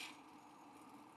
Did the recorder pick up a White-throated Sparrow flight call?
no